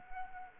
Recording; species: mosquito wingbeat signal from an infrared sensor; Anopheles arabiensis